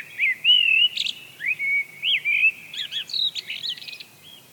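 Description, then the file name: Eurasian blackbird song: mellow fluted warbles through the first half, running straight into a fast, squeaky, high twittering flourish toward the end. "Turdus merula"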